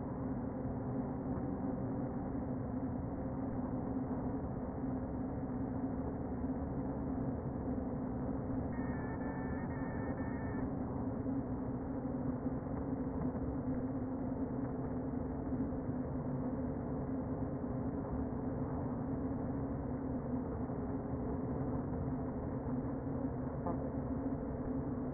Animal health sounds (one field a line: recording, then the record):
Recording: honeybee colony, microphone inside the hive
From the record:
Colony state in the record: queen present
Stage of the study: before two queens were removed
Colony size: about 60,000 bees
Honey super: yes